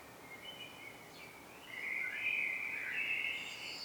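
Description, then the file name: Common blackbird singing a rich warbled phrase in the second half, preceded by faint thin whistles, with low steady background noise. "Turdus merula"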